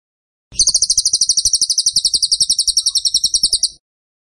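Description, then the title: Bird giving a continuous shrill trill, about ten sharp notes a second, steady in pitch and volume for roughly three seconds. Masteran (song-training) recording of a bird described as gacor (singing vigorously) with tembakan (rapid bursts) style. "Masteran Burung Tembakan Gacor"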